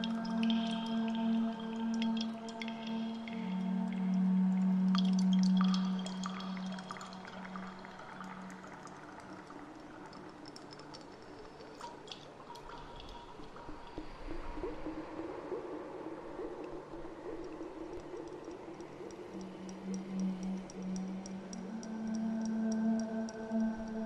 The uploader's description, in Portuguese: no fundo do mar com o canto da sereia, sons de água e eco